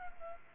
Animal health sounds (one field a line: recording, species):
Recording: mosquito wingbeat signal from an infrared sensor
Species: Culex pipiens